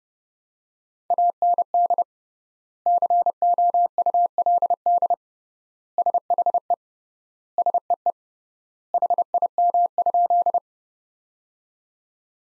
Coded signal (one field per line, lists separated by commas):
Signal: Morse code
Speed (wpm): 31 wpm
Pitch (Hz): 700 Hz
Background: none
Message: AND COULD SHE SEE HIM?